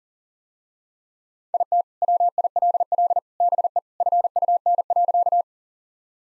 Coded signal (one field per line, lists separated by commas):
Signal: Morse code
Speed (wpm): 40 wpm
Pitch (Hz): 700 Hz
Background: none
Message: IT WILL BE FUN.